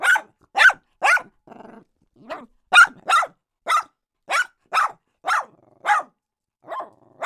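Small dog barking: sharp, high yappy barks in an irregular series, with a few softer sounds between them.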